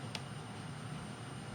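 A large metal craft cutting die is laid into the notches of a die-cutting machine plate and pushed until it seats. A single short, sharp click at 0.15 s stands out above a steady background hiss and low hum. The die clicks into place in the notches.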